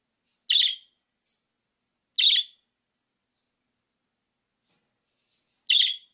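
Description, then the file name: Parakeet calls: three short, harsh, scratchy chirps a few seconds apart, with near silence between them. "audio master burung parkit"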